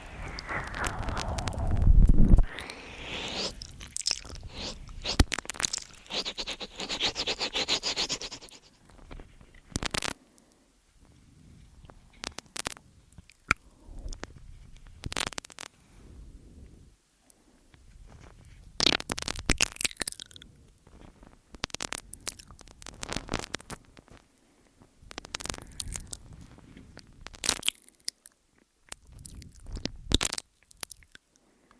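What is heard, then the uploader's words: Mouth sounds and ear-eating noises: wet smacks, chewing and nibbling clicks come in irregular bursts, some short and sharp, others smeared and longer. A loud low rustling swell fills the opening seconds, then quiet gaps separate clusters of crisp, bright, moist sounds. MOUTH SOUNDS & EAR EATING Tascam & Dummyhead.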